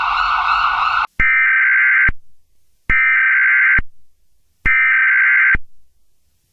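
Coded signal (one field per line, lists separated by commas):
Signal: Emergency Alert System (SAME) tones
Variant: header bursts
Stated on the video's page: Fictional Emergency Alert System scenario about riots.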